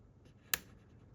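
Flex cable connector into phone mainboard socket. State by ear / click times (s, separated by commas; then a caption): seated / 0.5 s. The back edge of a plastic spudger nudges a flex cable connector down onto its mainboard socket in a Samsung S23 phone during a screen replacement. A single sharp, bright snap at 0.5 s marks the connector seating, against otherwise quiet, faint handling sounds. The connector, which had not been connected at first, is now connected.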